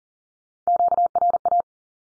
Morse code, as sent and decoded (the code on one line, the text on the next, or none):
--.- .-. .-
QRA